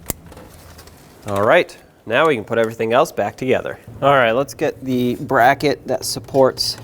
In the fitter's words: pretty well covered with this rubber boot so make sure that goes back on let's connect this wire back in make sure it clicks